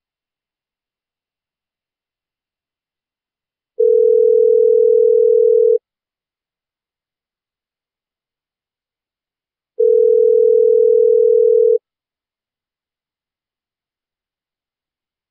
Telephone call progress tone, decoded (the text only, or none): ringback tone